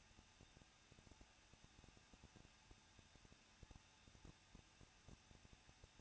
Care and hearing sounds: daily activity, microphone in the room; no activity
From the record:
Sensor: 2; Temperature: 21.0 degrees Celsius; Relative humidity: 37.5%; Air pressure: 1006.2 hPa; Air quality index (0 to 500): 223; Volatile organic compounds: 25 ppm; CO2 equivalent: 2825 ppm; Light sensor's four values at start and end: 2/3/2/2 and 2/3/2/2

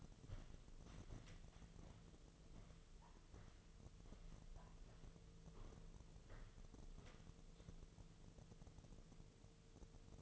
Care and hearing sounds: daily activity, microphone in the room; walk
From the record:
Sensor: 4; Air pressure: 1006.3 hPa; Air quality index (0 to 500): 84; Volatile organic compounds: 2 ppm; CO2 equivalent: 1044 ppm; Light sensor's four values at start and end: 12/27/11/10 and 12/27/11/10

